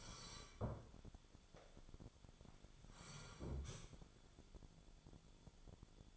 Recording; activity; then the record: daily activity, microphone in the room; sit down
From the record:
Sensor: 5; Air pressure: 1015.3 hPa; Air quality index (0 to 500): 186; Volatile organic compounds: 7 ppm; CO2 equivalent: 2019 ppm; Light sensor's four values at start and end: 36/81/33/31 and 36/81/33/31